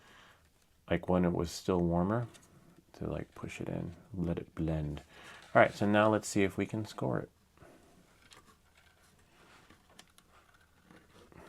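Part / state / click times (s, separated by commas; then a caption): filament holder part into 3D printer filament connector tool / seated / 10.0 s, 10.2 s. Someone talks for the first seven seconds, then in the quiet that follows a filament holder part is pushed into a Sunlu 3D printer filament connector tool. It gives two short, sharp clicks at 10.0 s and 10.2 s, and the click shows the part is seated correctly.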